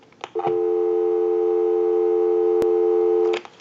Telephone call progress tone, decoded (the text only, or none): dial tone